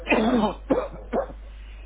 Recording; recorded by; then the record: voluntary cough; telephone call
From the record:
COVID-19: positive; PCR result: checked with the laboratory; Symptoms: no